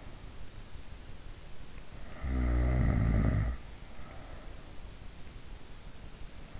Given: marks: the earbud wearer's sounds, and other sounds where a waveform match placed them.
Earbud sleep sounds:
sounds in sleep by an in-ear microphone; snoring breath
2.00-4.55 s: snoring breath

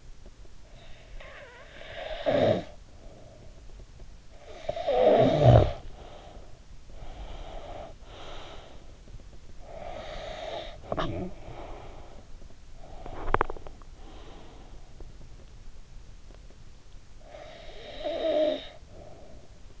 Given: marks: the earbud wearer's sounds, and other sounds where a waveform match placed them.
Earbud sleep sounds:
sounds in sleep by an in-ear microphone; snoring breath, breath, teeth grinding
0.50-3.85 s: snoring breath
4.23-9.42 s: snoring breath
9.42-12.51 s: breath
13.11-13.77 s: teeth grinding
13.81-15.68 s: breath
17.03-19.80 s: snoring breath

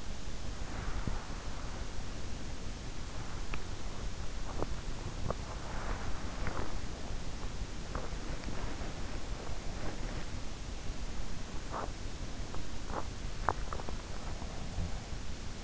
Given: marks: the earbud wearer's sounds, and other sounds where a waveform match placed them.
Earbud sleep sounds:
sounds in sleep by an in-ear microphone; body movement
0.00-15.64 s: body movement

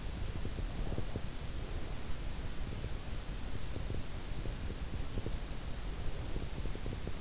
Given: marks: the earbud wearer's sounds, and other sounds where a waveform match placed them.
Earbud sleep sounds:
sounds in sleep by an in-ear microphone; breath
0.01-2.97 s: breath
4.52-7.21 s: breath

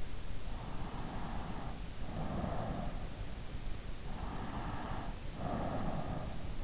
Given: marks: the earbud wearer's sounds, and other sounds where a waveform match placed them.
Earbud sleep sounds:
sounds in sleep by an in-ear microphone; breath
0.31-3.40 s: breath
4.07-6.47 s: breath

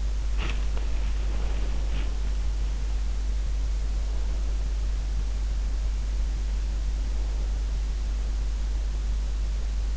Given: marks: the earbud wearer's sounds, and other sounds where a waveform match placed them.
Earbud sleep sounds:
sounds in sleep by an in-ear microphone; body movement
0.00-3.27 s: body movement

